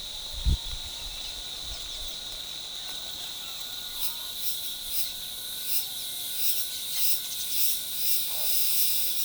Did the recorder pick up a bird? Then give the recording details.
no. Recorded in forest near Pivijay, Magdalena, Colombia, on 17 April 2023 at 08:00. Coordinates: 10.467, -74.380. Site Z5-G034